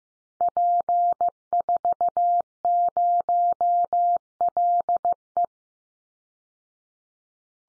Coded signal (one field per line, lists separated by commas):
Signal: Morse code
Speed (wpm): 14 wpm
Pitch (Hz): 700 Hz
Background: none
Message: P40LE